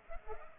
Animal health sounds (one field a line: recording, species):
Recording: mosquito wingbeat signal from an infrared sensor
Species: Culex pipiens